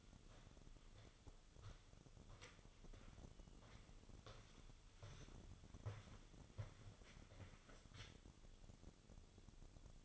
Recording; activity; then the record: daily activity, microphone in the room; walk to room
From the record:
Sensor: 4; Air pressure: 1008.9 hPa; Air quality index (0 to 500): 143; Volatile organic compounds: 2 ppm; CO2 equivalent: 1031 ppm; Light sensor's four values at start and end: 13/30/12/11 and 10/22/8/9